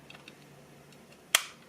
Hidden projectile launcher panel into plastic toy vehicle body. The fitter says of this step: just push it till you hear that click and